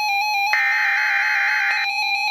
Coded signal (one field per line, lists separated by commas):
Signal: Emergency Alert System (SAME) tones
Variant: header bursts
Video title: Special Marine Warning #2 - 04/09/15 (EAS #870)